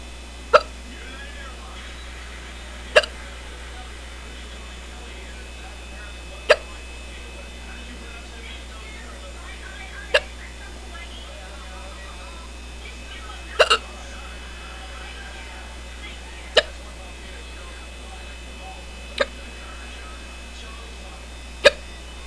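Adult with strong, persistent hiccups, sharp isolated hics recurring every few seconds over quiet background. The hiccups had lasted about an hour, stopped for about 5 minutes, then started again; they are very forceful, the strongest in a long time, and hurt the throat.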